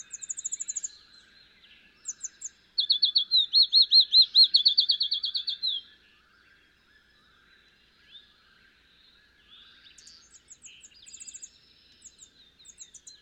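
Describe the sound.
Field sparrow song: a three-second run of clear, evenly repeated whistled notes. Thin, very high chip series are heard before and after.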